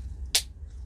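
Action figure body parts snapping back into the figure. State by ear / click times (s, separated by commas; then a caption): seated / 0.3 s. The two plastic halves of a He-Man action figure's body (Super 7 Vintage series 1) are lined up by their smaller holes and pressed together during reassembly after it was taken apart. A single sharp, bright snap is heard at 0.4 s against a low background hum, and the halves seat together.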